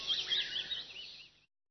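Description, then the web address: Eurasian blackcap song, a short rapid warble of twisting notes that fades out after about one and a half seconds. "sounds zwartkop"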